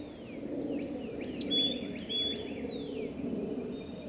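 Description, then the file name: Carolina wren singing a quick run of repeated slurred phrases around the middle, mixed with high sharp chirps and whistles from other birds over a constant low hiss. Falls Lake, Rollingview, 17 April 2018. "Carolina Wren Falls Lake Rollingview DR"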